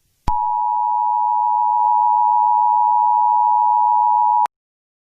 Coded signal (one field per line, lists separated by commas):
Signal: Emergency Alert System (SAME) tones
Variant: 853 and 960 Hz attention tone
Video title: (OLD AND BAD) EAS Scenario: Piracy Is No Party!